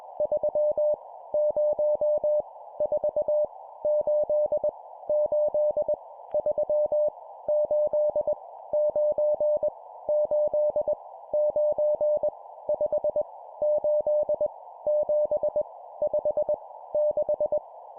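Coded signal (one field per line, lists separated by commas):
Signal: Morse code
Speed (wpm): 21 wpm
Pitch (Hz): 600 Hz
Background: none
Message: 3 0 4 8 8 3 8 9 8 9 5 8 7 5 6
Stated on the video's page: Random-number Morse drill at 20 wpm for building CW copy speed.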